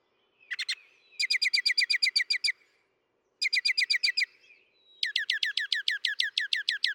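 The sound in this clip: Northern mockingbird giving several bursts of rapid repeated notes, ending with a long run of descending slurred notes.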